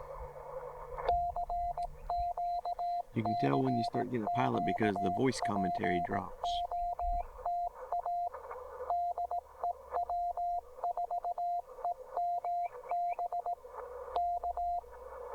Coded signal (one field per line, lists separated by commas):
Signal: Morse code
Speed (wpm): 17 wpm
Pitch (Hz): 690 Hz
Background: speech, radio noise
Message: CQ CQ POTA DE W4EMB K